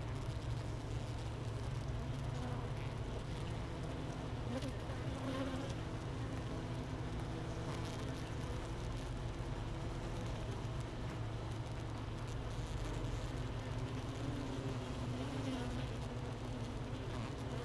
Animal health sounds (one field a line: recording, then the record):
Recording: honeybee colony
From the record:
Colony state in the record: missing queen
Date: 31 May 2018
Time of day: 13:15